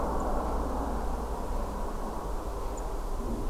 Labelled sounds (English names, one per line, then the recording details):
Song Thrush
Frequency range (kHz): Song Thrush 6.5-9.1 kHz
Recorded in France